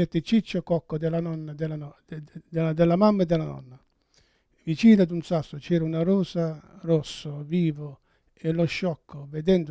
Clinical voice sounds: read passage; Italian; male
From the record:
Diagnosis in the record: Parkinson's disease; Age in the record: 71 years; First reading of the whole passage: 62 s, 8.3 characters per second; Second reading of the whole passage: 53 s, 9.9 characters per second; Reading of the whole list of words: 66 s, 4.2 characters per second

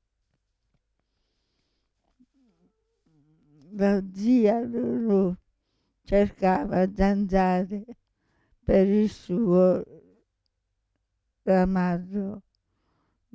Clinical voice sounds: read passage; Italian; female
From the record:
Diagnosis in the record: Parkinson's disease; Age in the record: 65 years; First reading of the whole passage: 242 s, 2.1 characters per second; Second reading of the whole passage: 180 s, 2.9 characters per second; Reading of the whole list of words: 168 s, 1.7 characters per second

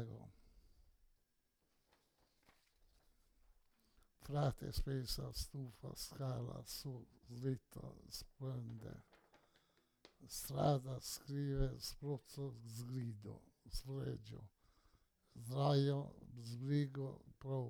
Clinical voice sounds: read list of words; Italian; male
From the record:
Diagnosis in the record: Parkinson's disease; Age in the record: 68 years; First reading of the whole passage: 84 s, 6.2 characters per second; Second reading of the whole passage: 63 s, 8.2 characters per second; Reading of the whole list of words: 57 s, 5.0 characters per second

